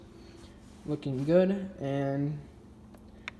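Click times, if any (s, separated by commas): 3.3 s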